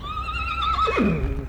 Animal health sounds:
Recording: contact call of a hoofed animal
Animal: Przewalski's horse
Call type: whinny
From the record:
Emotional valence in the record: positive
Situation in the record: naturally occurring affiliative interactions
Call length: 1.49 s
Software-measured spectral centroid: 1730 Hz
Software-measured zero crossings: 2100 a second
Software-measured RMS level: -24 dBFS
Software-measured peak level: -14 dBFS

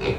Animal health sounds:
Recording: contact call of a hoofed animal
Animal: pig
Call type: closed-mouth grunt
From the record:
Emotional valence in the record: positive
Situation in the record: food and toys in familiar pen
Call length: 0.19 s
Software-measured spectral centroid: 1820 Hz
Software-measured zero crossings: 1750 a second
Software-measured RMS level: -24 dBFS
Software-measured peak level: -11 dBFS

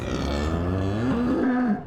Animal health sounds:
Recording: contact call of a hoofed animal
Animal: cattle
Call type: low-frequency (closed-mouth) or high-frequency (open-mouth) call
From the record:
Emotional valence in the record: negative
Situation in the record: separation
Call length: 1.88 s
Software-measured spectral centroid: 1410 Hz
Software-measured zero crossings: 880 a second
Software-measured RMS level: -24 dBFS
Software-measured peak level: -12 dBFS

